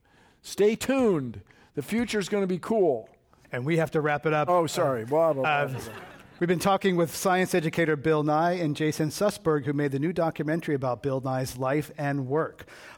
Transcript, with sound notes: Stay tuned. The future is going to be cool.
And we have to wrap it up.
Oh sorry.
[Laughter]
We've been talking with science educator Bill Nye and Jason Sussberg, who made the new documentary about Bill Nye’s life and work.